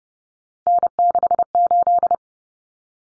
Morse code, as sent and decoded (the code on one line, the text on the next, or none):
-. -.... ---..
N68